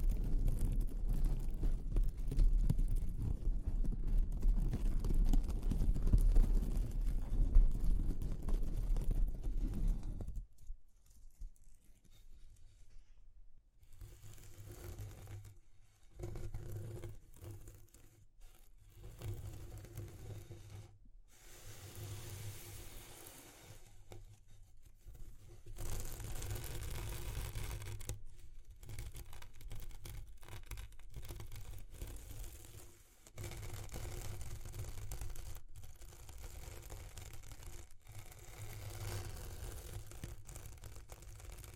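ASMR texture exploration, opening with about ten seconds of loud, dense, low rubbing and scraping. It then drops to quieter, intermittent tapping, clicking and scratching in short bursts separated by brief silences, with a faint low hum running underneath.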